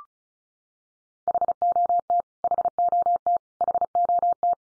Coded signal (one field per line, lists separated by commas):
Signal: Morse code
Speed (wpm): 34 wpm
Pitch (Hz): 700 Hz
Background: none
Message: HOT HOT HOT